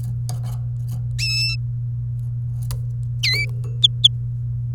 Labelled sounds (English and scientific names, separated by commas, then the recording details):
Domestic Canary (Serinus canaria) song
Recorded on 27 April 2018 at 16:46
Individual llb3